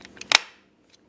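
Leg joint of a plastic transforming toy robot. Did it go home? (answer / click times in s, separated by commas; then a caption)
yes / 0.4 s. The leg joint of a plastic transforming toy robot is pulled out and brought down until it locks. A few faint ticks come first, then a sharp, loud click at 0.4 s as the joint snaps into place, followed by a soft tick near the end. The leg is seated.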